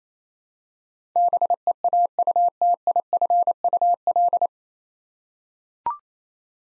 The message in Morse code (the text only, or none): BEAUTIFUL